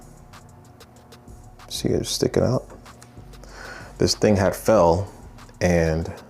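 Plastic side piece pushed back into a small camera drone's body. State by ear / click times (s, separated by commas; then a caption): not seated / none. A dislodged plastic side piece on the housing of a small Hover X1 Pro Max camera drone sticks out after the drone fell, and it is being handled to push it back into the drone's body. Someone talks over low background noise, with two faint ticks near 3.0 and 3.4 seconds. Nothing has seated or clicked yet.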